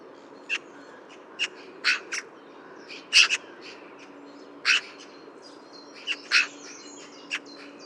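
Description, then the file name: Eurasian magpie making scattered harsh, grating notes at irregular intervals, some doubled, against a faint steady hum. "Pica pica"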